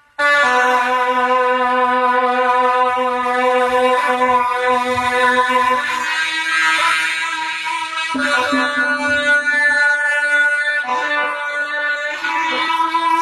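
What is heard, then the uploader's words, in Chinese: A suona plays in Liaoyang, starting abruptly and holding a loud, steady level throughout. Long, bright, reedy notes are sustained with rich overtones, shifting pitch around six and eight seconds, with a few quicker ornamented turns in between. 辽阳，唢呐。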